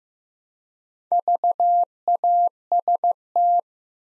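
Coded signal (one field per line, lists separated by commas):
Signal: Morse code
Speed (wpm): 15 wpm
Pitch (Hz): 700 Hz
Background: none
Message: VAST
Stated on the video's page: Morse practice at 15 wpm building 4-letter words one letter at a time, for instant character recognition.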